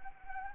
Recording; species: mosquito wingbeat signal from an infrared sensor; Anopheles arabiensis